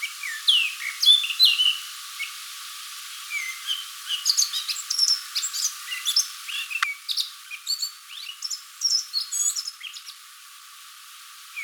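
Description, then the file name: Eurasian blackcap song, a long stream of quick chirps, ticks and slurred whistles with a short lull early on, then quiet at the end. "Sylvia atricapilla"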